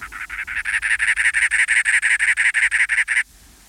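Cactus wren song: a steady run of many grating, scratchy notes delivered quickly and evenly, ending abruptly.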